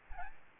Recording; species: mosquito wingbeat signal from an infrared sensor; Aedes aegypti